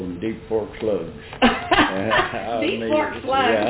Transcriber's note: laughter